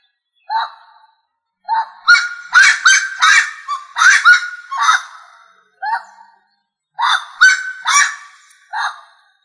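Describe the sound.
Rail calls: loud, grating squawks in uneven bursts, several rapid notes clustered together with short pauses between groups, with no other clear sounds.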